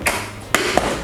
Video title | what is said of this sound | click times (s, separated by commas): สั่งครั้งที่2 Super Lock Shoe Box ตู้ใส่รองเท้าพับได้ ฝาใส ประกอบง่าย สวย แข็งแรง | ๆให้มันดังแก๊กแก๊กแก๊กครับ | 0.6 s